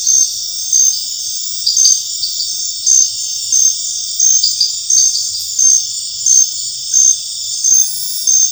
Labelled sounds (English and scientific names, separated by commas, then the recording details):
none
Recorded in dense forest near Puerto Asís, Putumayo, Colombia, on 8 March 2025 at 21:00
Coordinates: 0.484, -76.317
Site G064